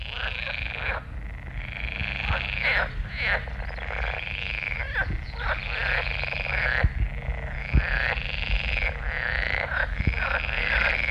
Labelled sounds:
Edible Frog call

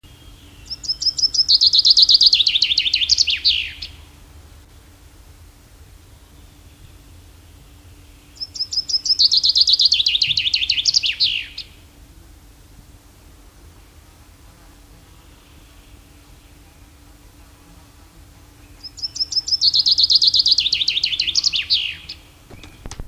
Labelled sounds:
Common Chaffinch song

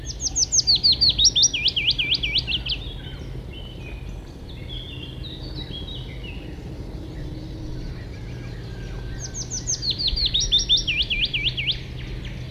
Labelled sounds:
Willow Warbler song

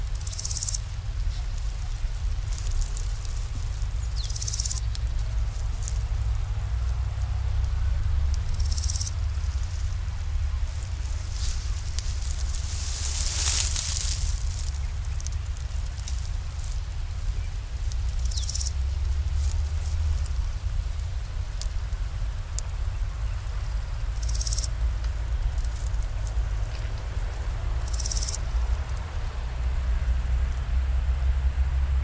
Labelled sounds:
Large Gold Grasshopper stridulation

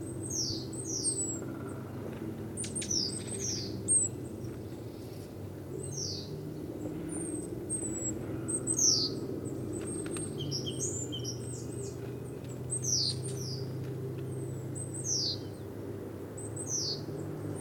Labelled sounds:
Great Tit call

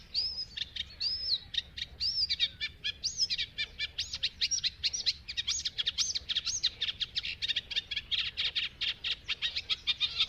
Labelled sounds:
Eurasian Reed Warbler

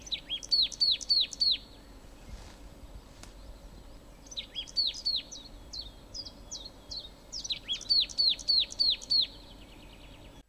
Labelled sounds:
Marsh Tit

